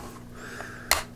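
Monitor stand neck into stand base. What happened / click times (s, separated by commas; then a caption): The stand upright clicked home into its base / 0.9 s. The upright neck of an AOC U2790VQ 27-inch 4K monitor stand is slid down into its plastic base, which has a release latch. After a quiet stretch, a single sharp click sounds at 0.9 s as the neck locks into place, and the stand is seated.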